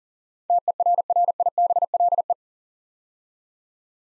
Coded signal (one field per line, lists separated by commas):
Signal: Morse code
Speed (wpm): 40 wpm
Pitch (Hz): 700 Hz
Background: none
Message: TERRIBLE